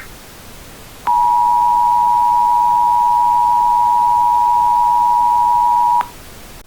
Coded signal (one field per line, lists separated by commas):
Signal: Emergency Alert System (SAME) tones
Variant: 853 and 960 Hz attention tone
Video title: i uploaded my old unfinished eas scenario from 2 years ago because bored